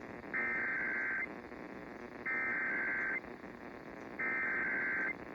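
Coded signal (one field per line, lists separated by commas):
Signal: Emergency Alert System (SAME) tones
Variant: header bursts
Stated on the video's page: Los Angeles required monthly tests.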